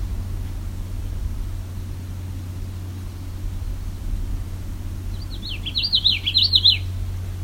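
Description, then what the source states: Common Yellowthroat song, a rapid series of rolling, repeated high phrases near the end, louder and clear above a constant low traffic-like hum. Bird singing alongside a lake, moving very close to the recordist.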